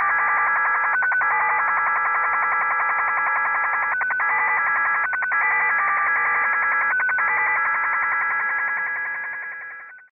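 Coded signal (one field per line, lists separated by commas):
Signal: HF data modem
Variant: XSL Japanese Slot Machine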